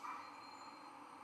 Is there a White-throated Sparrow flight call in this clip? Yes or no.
no